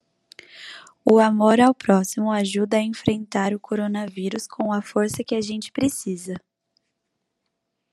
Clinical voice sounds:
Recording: spoken sentence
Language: Brazilian Portuguese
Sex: female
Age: 20 to 29 years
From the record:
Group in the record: control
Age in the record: 27 years

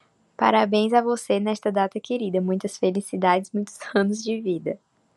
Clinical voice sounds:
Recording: short text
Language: Brazilian Portuguese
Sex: female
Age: 20 to 29 years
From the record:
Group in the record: control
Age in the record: 27 years

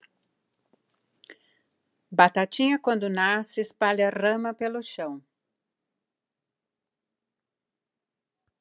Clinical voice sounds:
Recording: short text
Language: Brazilian Portuguese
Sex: female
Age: 60 to 69 years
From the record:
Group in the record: control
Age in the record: 69 years

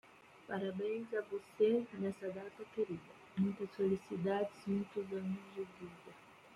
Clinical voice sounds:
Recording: short text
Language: Brazilian Portuguese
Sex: female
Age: 30 to 39 years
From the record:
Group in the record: control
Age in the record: 35 years

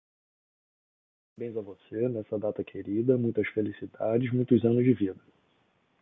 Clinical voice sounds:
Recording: short text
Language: Brazilian Portuguese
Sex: male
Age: 40 to 49 years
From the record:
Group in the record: control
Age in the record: 45 years

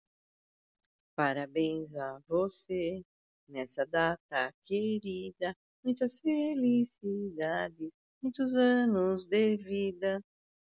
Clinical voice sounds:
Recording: short text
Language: Brazilian Portuguese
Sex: female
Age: 60 to 69 years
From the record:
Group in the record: control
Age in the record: 64 years

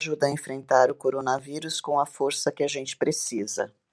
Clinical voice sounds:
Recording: spoken sentence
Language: Brazilian Portuguese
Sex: female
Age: 60 to 69 years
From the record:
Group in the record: control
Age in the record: 60 years

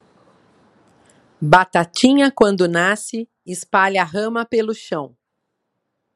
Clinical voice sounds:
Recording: short text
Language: Brazilian Portuguese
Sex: female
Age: 50 to 59 years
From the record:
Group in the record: control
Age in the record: 57 years

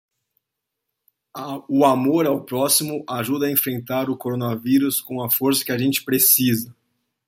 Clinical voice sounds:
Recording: spoken sentence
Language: Brazilian Portuguese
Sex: male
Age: 40 to 49 years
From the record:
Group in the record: control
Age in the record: 41 years

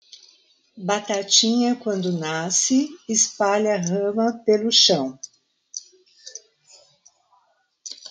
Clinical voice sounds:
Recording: short text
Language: Brazilian Portuguese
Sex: female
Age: 60 to 69 years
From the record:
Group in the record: control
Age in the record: 63 years

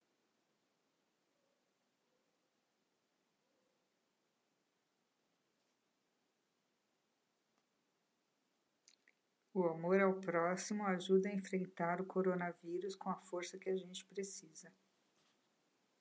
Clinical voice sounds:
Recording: spoken sentence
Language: Brazilian Portuguese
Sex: female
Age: 60 to 69 years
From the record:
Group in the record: control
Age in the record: 64 years

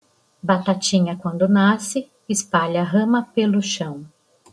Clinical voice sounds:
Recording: short text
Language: Brazilian Portuguese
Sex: female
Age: 50 to 59 years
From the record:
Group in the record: control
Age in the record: 57 years

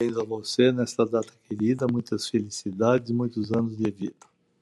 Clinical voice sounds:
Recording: short text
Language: Brazilian Portuguese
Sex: male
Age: 70 to 79 years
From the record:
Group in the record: control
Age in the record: 70 years

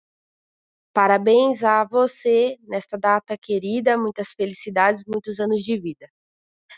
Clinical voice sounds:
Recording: short text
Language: Brazilian Portuguese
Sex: female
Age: 30 to 39 years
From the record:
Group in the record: control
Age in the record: 30 years

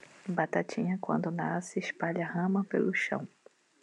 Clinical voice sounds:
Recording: short text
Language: Brazilian Portuguese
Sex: female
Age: 30 to 39 years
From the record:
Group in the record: control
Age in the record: 38 years

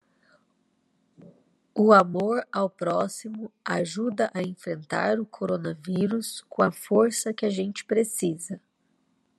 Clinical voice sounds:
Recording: spoken sentence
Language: Brazilian Portuguese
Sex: female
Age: 30 to 39 years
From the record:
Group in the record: control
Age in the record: 35 years

